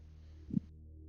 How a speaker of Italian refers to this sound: Sentite bussare al portone della chiesa.